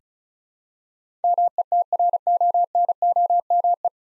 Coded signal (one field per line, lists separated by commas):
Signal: Morse code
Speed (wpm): 34 wpm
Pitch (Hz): 700 Hz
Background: none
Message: METRONOME